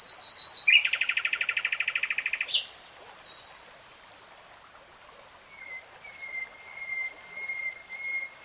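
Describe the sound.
Nightingale song: a few sharp notes lead into a fast, buzzy repeated trill lasting under two seconds, followed by faint thin whistles.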